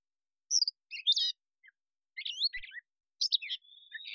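Catbird producing separate chirpy, scratchy phrases with quick downslurs, followed by a thin steady high tone near the end.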